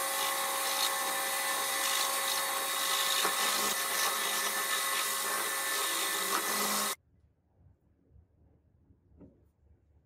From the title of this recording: Turning Rusty BOLT into a Beautiful Pocket LIGHTER